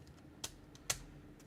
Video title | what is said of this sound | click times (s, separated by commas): Lets mod things! Lynx II | everything should snap into place according to him and it did and it's all all locked | 0.4 s, 0.9 s